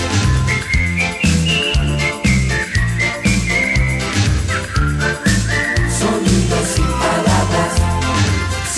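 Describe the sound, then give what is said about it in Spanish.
A person whistles a wavering, high-pitched melody over loud backing music with a steady, pulsing bass beat, the tune gliding up and down in long phrases. “Cuando silbas el aire palpita, sabe el mundo que amas la vida.”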